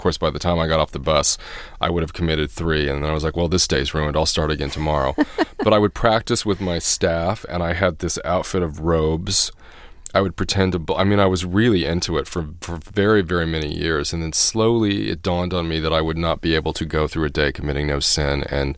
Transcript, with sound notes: And, of course, by the time I got off the bus I would've committed three, and then I was, like, well, this day's ruined. I'll start again tomorrow. (Soundbite of laughter) But I would practice with my staff, and I had this outfit of robes. I would pretend to - I mean, I was really into it for very, very many years, and then slowly it dawned on me that I would not be able to go through a day committing no sin, and